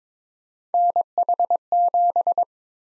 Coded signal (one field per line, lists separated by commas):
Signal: Morse code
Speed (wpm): 22 wpm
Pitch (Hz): 700 Hz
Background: none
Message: NH7